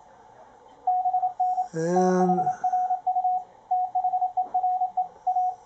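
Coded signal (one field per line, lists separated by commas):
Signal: Morse code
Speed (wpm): 26 wpm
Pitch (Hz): 730 Hz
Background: speech, radio noise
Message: BN THRU THERE A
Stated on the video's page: CW from a Ten-Tec Paragon 585 transceiver during a zero-beat demonstration.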